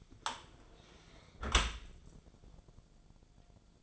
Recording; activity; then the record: daily activity, microphone in the room; close dishwasher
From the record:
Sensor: 5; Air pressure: 1000.6 hPa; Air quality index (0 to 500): 160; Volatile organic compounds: 2 ppm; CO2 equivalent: 1226 ppm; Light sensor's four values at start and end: 49/110/48/52 and 48/109/47/51